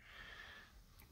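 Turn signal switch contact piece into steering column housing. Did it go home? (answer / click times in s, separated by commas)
no / none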